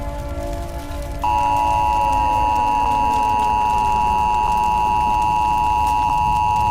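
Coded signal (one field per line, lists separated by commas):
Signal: Emergency Alert System (SAME) tones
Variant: 853 and 960 Hz attention tone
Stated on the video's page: Fictional EAS scenario of a fire outbreak spreading from Frederick County to national level.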